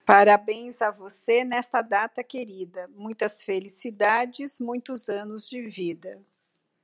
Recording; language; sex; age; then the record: short text; Brazilian Portuguese; female; 50 to 59 years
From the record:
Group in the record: control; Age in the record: 53 years